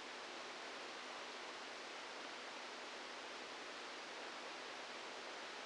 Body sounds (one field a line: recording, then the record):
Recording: brain microelectrode recording played as sound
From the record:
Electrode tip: inside the subthalamic nucleus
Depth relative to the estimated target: 0 mm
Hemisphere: left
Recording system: NeuroSet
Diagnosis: Parkinson's disease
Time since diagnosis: 12 years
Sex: male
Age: 61 years